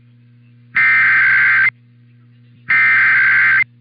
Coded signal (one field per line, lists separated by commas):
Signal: Emergency Alert System (SAME) tones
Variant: header bursts